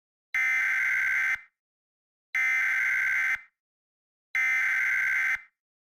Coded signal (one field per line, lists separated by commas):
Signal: Emergency Alert System (SAME) tones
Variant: header bursts